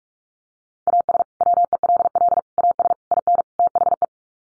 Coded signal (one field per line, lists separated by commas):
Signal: Morse code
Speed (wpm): 44 wpm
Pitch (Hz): 700 Hz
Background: none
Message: AS WELL AS IN THE